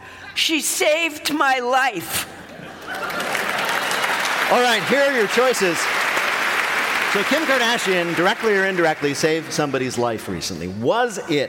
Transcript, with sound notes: She saved my life.
(APPLAUSE)
All right, here are your choices. So Kim Kardashian, directly or indirectly, saved somebody's life recently.